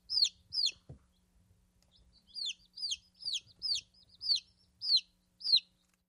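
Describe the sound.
Chicken peeps, high thin down-slurred notes; two calls, a short pause, then a run of several more peeps, over a faint low hum.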